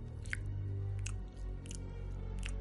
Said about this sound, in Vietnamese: Quân nuốt nước bọt, tiếng động phát ra từ phía căn phòng đối diện. Căn phòng trước nay luôn được khóa trái. Bước đến gần, Quân nhận ra đây như là một tiếng ai đó đang ăn uống.